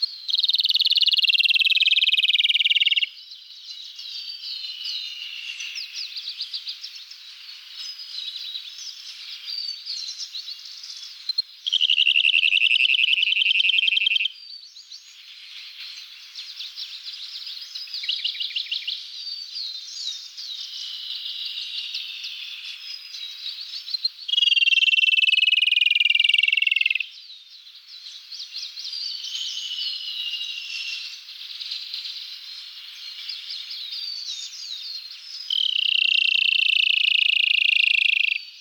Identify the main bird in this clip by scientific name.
Luscinia sibilans